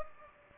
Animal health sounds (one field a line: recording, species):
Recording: mosquito wingbeat signal from an infrared sensor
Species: Culex pipiens